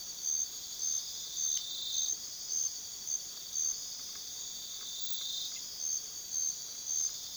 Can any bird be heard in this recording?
no